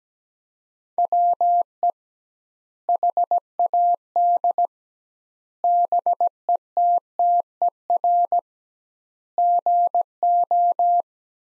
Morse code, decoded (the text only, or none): WE HAD BETTER GO